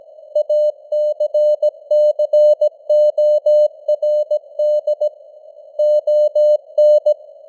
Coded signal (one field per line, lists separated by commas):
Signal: Morse code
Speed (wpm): 17 wpm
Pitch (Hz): 600 Hz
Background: none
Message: ACCORD ON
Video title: Morse Code News | 2025-12-03 | 17wpm